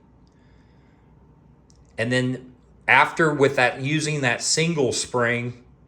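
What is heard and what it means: A SOG Ultra XR folding knife with a thin carbon-fiber handle is handled, its blade set to swing open on its single spring toward the lock bar. Two faint, brief ticks sound at about 0.3 s and 1.7 s, then someone talks from about 2.0 s to the end. The blade has not locked against the lock bar yet, and nothing has seated or clicked by the end of the clip.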